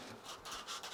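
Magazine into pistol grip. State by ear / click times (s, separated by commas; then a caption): not seated / none. A metal magazine is handled at the grip of a 1911-style pistol, giving soft rubbing and scraping sounds with brief high-frequency bursts. Nothing has seated or clicked yet in this clip.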